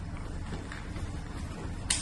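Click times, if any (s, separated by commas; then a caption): 1.9 s. A pump hose end is pushed into the air valve at the bottom of a vacuum splint over a low, steady background rumble with faint scuffs. A sharp, bright snap at 1.9 s marks the fitting seating into place.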